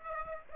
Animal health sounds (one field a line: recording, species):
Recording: mosquito wingbeat signal from an infrared sensor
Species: Aedes aegypti